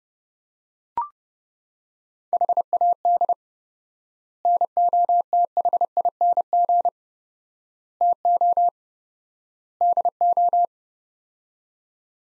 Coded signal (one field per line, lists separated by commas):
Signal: Morse code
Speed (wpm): 32 wpm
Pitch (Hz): 700 Hz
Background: none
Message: HAD NOTHING TO DO